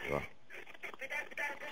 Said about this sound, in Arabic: خفضي بس صوت التلفزيون شوية عشان خفض الصوت عشان فيه صدى.